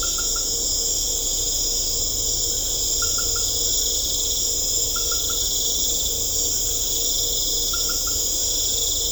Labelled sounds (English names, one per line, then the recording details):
none
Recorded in secondary vegetation near Puerto Asís, Putumayo, Colombia, on 18 December 2024 at 19:30
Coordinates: 0.500, -76.326
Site G065